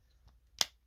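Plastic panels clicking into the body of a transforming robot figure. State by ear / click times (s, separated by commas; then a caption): seated / 0.6 s. Plastic panels on a Transformers '86 Studio Series 86-03 Blurr robot figure are pressed down into its body during transformation so everything is secure. After a faint soft rustle, a single sharp plastic click rings out at 0.6 s, and the panels seat into place.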